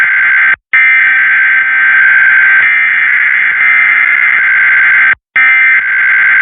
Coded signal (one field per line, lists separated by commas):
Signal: Emergency Alert System (SAME) tones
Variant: header bursts